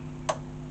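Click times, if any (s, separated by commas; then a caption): 0.3 s. A part is pushed into its housing inside a second-hand Atlantis sewing machine. A single short, sharp click sounds at 0.3 s over a low steady hum, and the part is seated in place.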